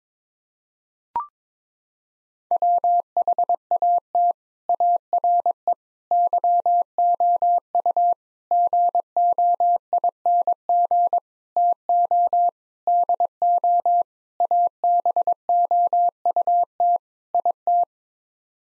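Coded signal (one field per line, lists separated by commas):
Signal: Morse code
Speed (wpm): 22 wpm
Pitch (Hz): 700 Hz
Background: none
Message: WHAT ARE YOU GOING TO DO ABOUT IT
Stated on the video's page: Morse practice: sets of 8 common English words at 22 wpm for head-copy, each word group sent in Morse twice.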